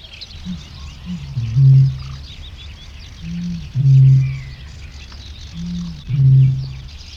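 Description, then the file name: Eurasian bittern booming: three deep, low hoots, each preceded by soft intake grunts, repeated a little over every two seconds. "Eurasian Bittern Botaurus stellaris"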